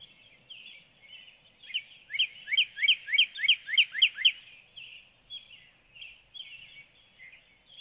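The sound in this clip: Northern cardinal song: a fast run of about eight loud, downslurred whistled notes, with soft twittering before and after.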